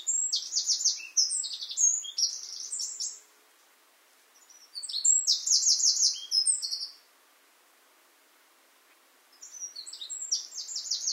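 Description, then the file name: Eurasian wren repeating loud, high, fast trilled songs, three bursts separated by short silent pauses. "Troglodytes troglodytes"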